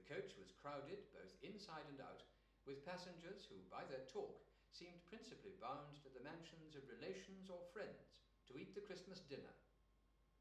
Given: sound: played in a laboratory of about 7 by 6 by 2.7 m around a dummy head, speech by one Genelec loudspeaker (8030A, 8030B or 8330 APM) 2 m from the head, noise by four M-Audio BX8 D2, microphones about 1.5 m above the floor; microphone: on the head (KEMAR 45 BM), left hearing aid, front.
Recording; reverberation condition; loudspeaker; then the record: male speech in English; medium; 120 degrees to the left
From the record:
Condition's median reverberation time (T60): about 510 ms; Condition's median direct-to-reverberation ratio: about -0.5 dB